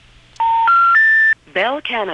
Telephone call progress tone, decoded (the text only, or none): special information tone